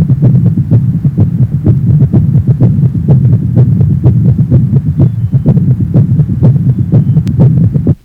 Age 52, recent cardiac infarction with mid-diastolic gallop rhythm, mitral area.